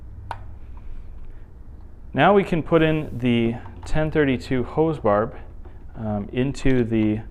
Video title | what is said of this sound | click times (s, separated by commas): LI-600 Zeroing with gas or an external pump and desiccant | and you should hear a click when it makes contact | 0.3 s